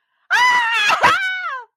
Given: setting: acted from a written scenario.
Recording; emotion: vocal sound without words; elation